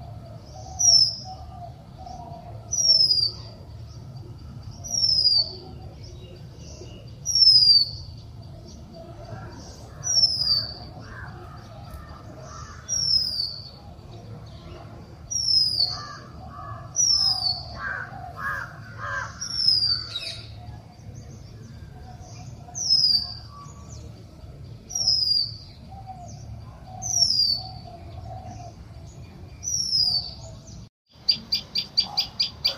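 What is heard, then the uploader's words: Birds call: one sings a bright, sharp downward note repeated steadily about every two and a half seconds. Lower, harsher calls from other birds cluster in the middle stretch, over a constant low rumble, and a fast rattling trill closes the clip. Bird songs. Wablers, crow, parkeets and tailor bird and robin.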